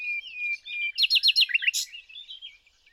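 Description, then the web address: Common nightingale phrase: a drawn-out whistle, then a quick series of repeated sharp notes ending in a soft warble. "SETE data Luscinia megarhynchos"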